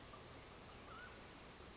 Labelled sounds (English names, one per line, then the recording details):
Mountain Quail
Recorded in Sonoma County, California